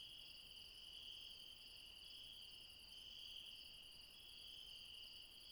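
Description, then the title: Insects keep up a dense, continuous shrill trilling chorus in several steady high layers. Insects late at night in the mountains at Refuge Krevatia, Barbala, Dion, Greece. "Refuge Krevatia, Μπαρμπαλά, Dion 601 00, Greece - Late night mountain insects"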